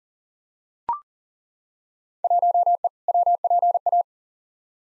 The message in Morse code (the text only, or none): 1E WPA